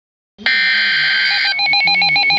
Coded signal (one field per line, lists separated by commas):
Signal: Emergency Alert System (SAME) tones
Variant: header bursts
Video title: EAS Alert #72 - Severe Thunderstorm Warning #8 6/8/11